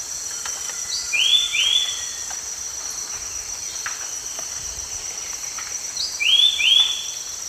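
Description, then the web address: White-breasted wood wren song: short, bright upslurred whistles in a quick pair, repeated after about five seconds over a steady high insect hum. Eastern lowlands of South America. "Natures Songs S America Eastern Lowlands Henicorhina leucosticta, song"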